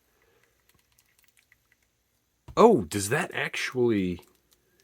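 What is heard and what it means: A plastic arm cannon accessory is handled against the arm peg, which has a small ridge, of a plastic Marvel Legends Retro Apocalypse action figure, with faint light taps from about 0.7 to 1.7 s and again at 4.5 and 4.8 s. Someone talks from about 2.5 to 4.3 s. The cannon has not popped into place yet, and nothing has seated or clicked.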